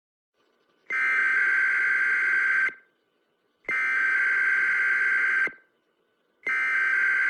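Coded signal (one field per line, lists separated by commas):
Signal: Emergency Alert System (SAME) tones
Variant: header bursts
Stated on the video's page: EAS tones played at normal speed and slowed from 0.2x to 0.9x.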